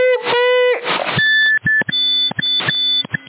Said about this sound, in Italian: No, stavo provando se funziona, capito? Siccome è di un VHF della Kenwood e c'è il tono a 1750, capito? C'è il ciccalino mi. Ma il ciccalino va.